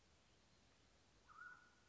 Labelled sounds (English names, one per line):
Mountain Quail